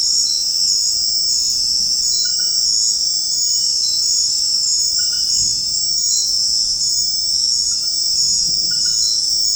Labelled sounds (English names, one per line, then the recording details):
none
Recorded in secondary vegetation near Puerto Asís, Putumayo, Colombia, on 13 March 2025 at 21:30
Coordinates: 0.484, -76.319
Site G010